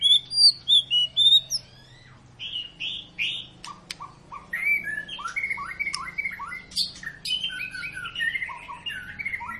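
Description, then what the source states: White-rumped shama song: a run of clear repeated whistles opens, then after a short pause varied slurred notes, rising and falling phrases and chatter. Long song used as a lure to make other birds sing; "gacor" means a bird singing continuously.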